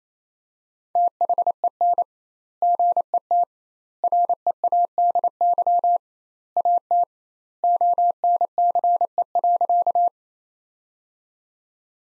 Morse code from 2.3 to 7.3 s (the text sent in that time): GET READY AT